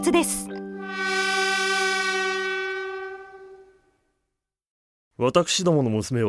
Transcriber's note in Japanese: 電車の出発音